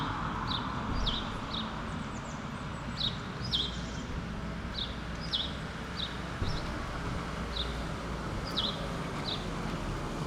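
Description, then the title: Sparrows chirping repeatedly in short notes, fairly steady throughout, over a constant low hum of traffic. Street, Rue Keyenveld, Ixelles, Brussels, Belgium; cars passing by; recorded with Lom Usi Pro microphones into a Zoom F6. "Rue Keyenveld, Ixelles, Bruxelles-Capitale, Belgique - Sparrows - moineaux"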